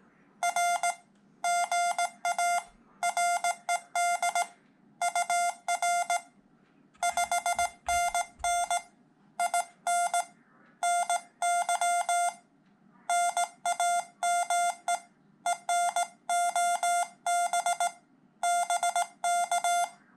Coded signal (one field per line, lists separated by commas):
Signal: Morse code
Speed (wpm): 18 wpm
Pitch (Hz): 700 Hz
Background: none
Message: R GA RED UR 5NN IN NY NAME ENOB BK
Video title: Learn Morse Code with the Ham Radio Solutions CW Hotline